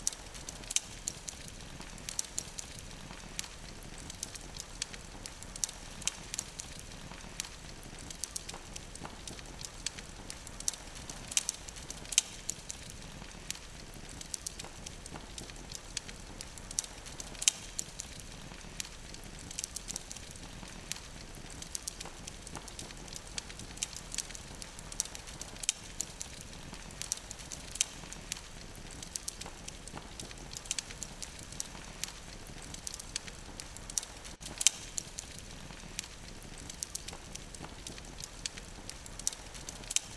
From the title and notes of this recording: The soft glow of the fire, accompanied by the sound of burning wood. The crackling of burning wood brings the rhythm of life.